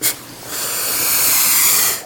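Lizard hissing: a short sharp breathy puff, then a long, loud, airy hiss lasting about a second and a half before cutting off.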